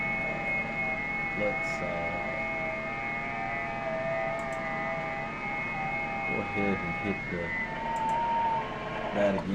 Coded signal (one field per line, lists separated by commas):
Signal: FT8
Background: speech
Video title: WSJT-X and GridTracker on #ft8 FT8 #hamradio